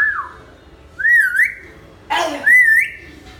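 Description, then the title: Hill myna whistles: a falling slurred note, then a wavering rising whistle about a second later, a harsh rasping burst, and another looping rising whistle. Lively 'gacor' hill myna singing, offered as 'masteran' tutor audio for training birds. "Suara Burung Beo Gacor Cocok Untuk Masteran"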